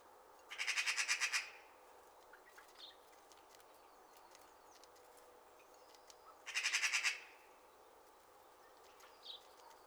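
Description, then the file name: Magpie chattering: two rapid, harsh rattling bursts of several notes each, near one and seven seconds, with faint high chirps between. "straget magpie freesound"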